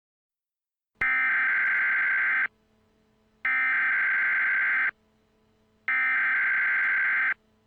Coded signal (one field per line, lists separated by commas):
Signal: Emergency Alert System (SAME) tones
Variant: header bursts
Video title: EAS Scenario (#2) - ENTER SANDMAN